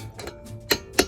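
A torque wrench is used to torque-check another lug nut on a wheel. After softer taps and a sharp snap at 0.7 s, the wrench gives its click at 1.0 s, confirming the nut is at torque.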